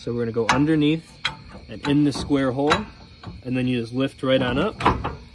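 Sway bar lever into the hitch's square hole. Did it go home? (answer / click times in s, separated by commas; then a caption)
no / none. Someone talks while the metal lever of the sway bar on a Forest River Grey Wolf 22rr trailer hitch is hooked underneath and into the hitch's square hole, ready to be lifted up. The lever is being handled, but nothing has seated or clicked yet.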